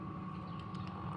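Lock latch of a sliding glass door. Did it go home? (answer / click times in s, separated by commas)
no / none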